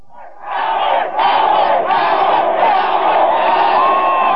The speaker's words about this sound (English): Several thousand screaming fans turned out early this morning to greet their hero Stern on his first show broadcast from Philadelphia.